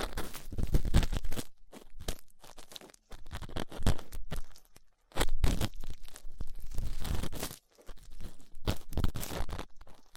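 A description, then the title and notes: Ear cleaning with latex gloves, a dental pick and cotton swabs: dense crunching, crackling and rubbing noises come in bursts of a second or two, separated by brief near-silent gaps around 3, 5 and 8 seconds. The texture is gritty and bright, with occasional sharper scratches. Ear Cleaning Latex Gloves, Dental Pick, Cotton Swabs.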